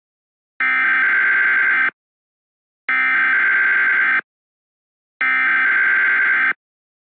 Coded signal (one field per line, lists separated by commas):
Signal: Emergency Alert System (SAME) tones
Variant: header bursts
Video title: The 2034 Columbus riots. EAS Scenario￼